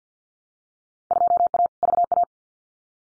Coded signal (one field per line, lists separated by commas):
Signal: Morse code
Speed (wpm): 50 wpm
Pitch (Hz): 700 Hz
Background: none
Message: 2A VA